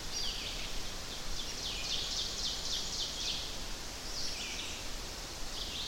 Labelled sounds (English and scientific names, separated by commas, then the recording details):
Ovenbird (Seiurus aurocapilla) song
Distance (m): 75 m
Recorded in boreal forest in Alberta, Canada, on 10 June 2016 at 07:00
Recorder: SongMeter 3, array SBT-3-39
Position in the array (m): 197 m, 89 m
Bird 17